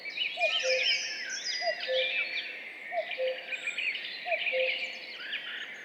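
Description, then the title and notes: Common cuckoo calls, four falling two-note cu-coos spaced roughly 1.3 seconds apart, set against a dense, bright chorus of twittering songbirds. Duet of two common cuckoos at dawn, 5:20, 14 May 2019, in spring, Val Maravel; recorded in stereo with a MixPre-3 recorder and MKH8020 microphones. "Duo de coucou. 14 mai 2019-Piste aux espagnols - Val Maravel - 5h20. un mémorable duo de deux coucous gris"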